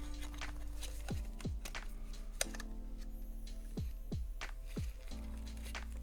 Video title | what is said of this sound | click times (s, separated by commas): Let's Build The USS Defiant From Star Trek: Deep Space Nine and Polar Lights In 1:1000 Scale - Ep 8 | let let's see how this Clicks in see how it | 2.4 s